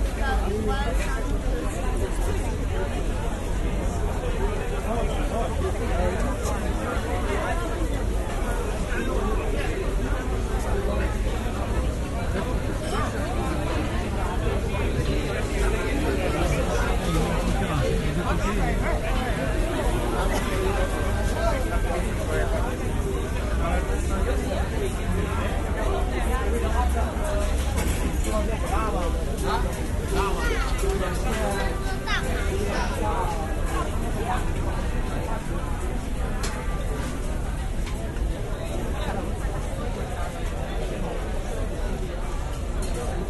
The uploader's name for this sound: Bergen Harbour